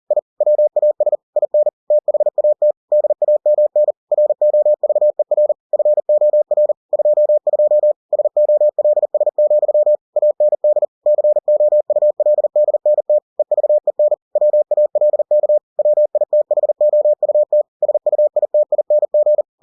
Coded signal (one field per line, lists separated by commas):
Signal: Morse code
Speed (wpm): 40 wpm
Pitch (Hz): 600 Hz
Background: none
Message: I WAS IN THAT DAMN ROVER FOR 22 SOLS, AND COULDNT EVEN WALK WITHOUT SUITING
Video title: The Martian by Andy Weir in Morse code - 40WPM - Chapter 10